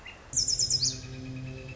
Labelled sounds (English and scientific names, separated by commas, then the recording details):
Northern Flicker (Colaptes auratus)
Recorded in Sonoma County, California